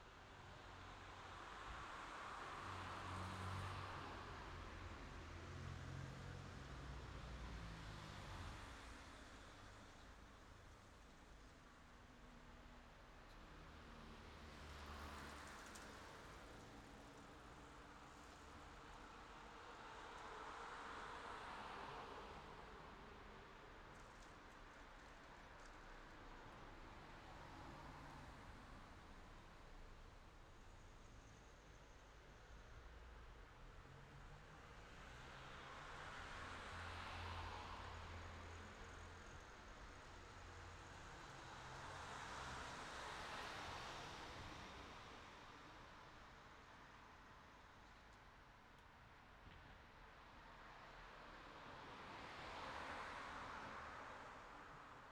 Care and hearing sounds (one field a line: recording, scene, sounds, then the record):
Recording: everyday scene through a hearing-aid microphone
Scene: in traffic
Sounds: traffic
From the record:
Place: city secondary road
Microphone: in the ear canal, left